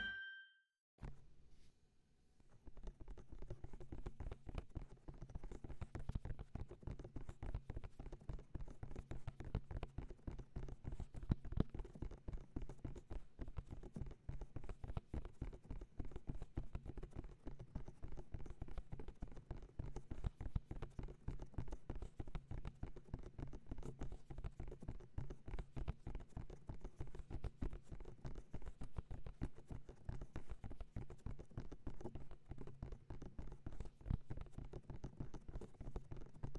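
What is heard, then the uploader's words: Ear tapping in quick, steady, dense patter after a brief silent start, with soft low thumps and lighter crisp taps throughout. The gentle and rhythmic sounds of ear tapping.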